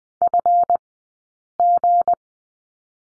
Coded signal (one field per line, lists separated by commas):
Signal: Morse code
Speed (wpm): 20 wpm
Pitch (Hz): 700 Hz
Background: none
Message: FG